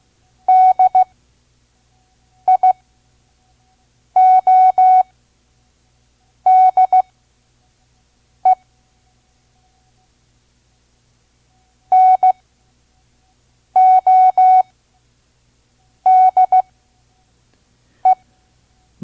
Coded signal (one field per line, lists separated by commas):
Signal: Morse code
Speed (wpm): 16 wpm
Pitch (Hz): 740 Hz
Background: none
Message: DIODE NODE